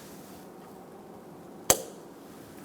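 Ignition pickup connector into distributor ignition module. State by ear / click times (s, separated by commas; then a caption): seated / 1.7 s. The ignition pickup's electrical connector is pushed onto the ignition module on the distributor of a 1988–1999 GMC K1500 5.7L V8. Over a quiet background, one sharp click sounds at 1.7 s, and the connector seats. Another short sound starts right at the end of the clip.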